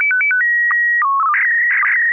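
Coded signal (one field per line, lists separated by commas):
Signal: SSTV (slow-scan television)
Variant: PD 120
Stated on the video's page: SSTV images exchanged on a weekly amateur net via an FM repeater on 441.30 MHz in Sacramento, sent with MMSSTV software.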